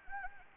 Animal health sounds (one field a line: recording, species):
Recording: mosquito wingbeat signal from an infrared sensor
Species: Anopheles gambiae